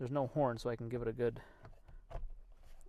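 On a 2017 Chevy Silverado, the driver airbag module is being handled and lined up to be pressed firmly into the steering wheel's spring clips. Someone talks over faint handling noises, with small knocks near 1.7 s and 2.8 s. Nothing has seated or clicked yet.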